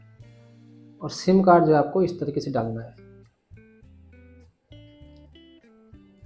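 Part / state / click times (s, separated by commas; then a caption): SIM card into a security camera's SIM slot / not seated / none. A SIM card is pushed into the upper SIM slot of a Hixecure 4G bullet security camera (model HFX-DV30L3-4G / HFX-TV30L3-4G) while someone talks over guitar background music. A few faint, short handling taps sit under the music between about 3.6 and 5.4 seconds. The card has not locked or seated yet when the clip ends.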